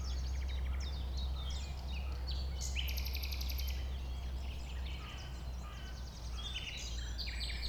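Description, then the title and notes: Common nightingale song, fast trills and rattling phrases with short whistled notes amid other birds, over a steady low rumble. Nightingale, one of several settled on the banks of a stream forming a pond 1500 m from the A20, recorded around 8 am on Sunday 12 April. "Un Rossignol Envers Et Contre Tout. nous avons soutenu les efforts d'un rossignol venu avec quelques autres s'installer sur les rives d'un ruisseau formant un étang à 1500 mètres de l'A 20. Ces moments ont été enregistrés vers 8h le dimanche 12 avril"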